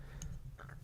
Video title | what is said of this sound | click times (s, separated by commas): Earthspark Deluxe Twitch - Random Review | Make sure you hear that click to tab them in. | 0.2 s